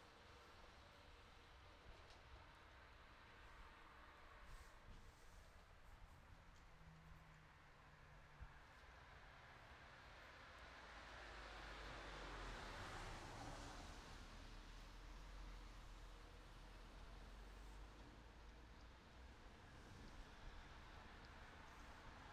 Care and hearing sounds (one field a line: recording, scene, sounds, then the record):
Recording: everyday scene through a hearing-aid microphone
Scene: in traffic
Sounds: traffic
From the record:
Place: city secondary road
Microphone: in the ear canal, right